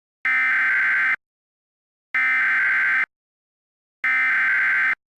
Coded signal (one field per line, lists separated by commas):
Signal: Emergency Alert System (SAME) tones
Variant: header bursts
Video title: EAS Mock - Hurricane Dorian Evacuation